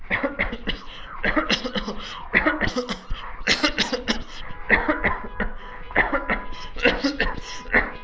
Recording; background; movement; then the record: voluntary coughing; traffic; walking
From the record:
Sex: male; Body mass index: 22.0 kg/m2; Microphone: on the chest, facing the body